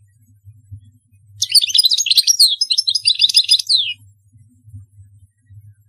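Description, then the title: European goldfinch song, a fast, tinkling run of liquid twitters and buzzy notes lasting about two and a half seconds, with a low hum underneath. "Chant Chardonneret"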